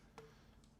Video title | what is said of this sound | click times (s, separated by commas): How to Install a Soundstream V2 in a 2014-2023 Harley Davidson® Street Glide, Electra Glide, & Ultra | just got a nice firm click and it locked | 0.2 s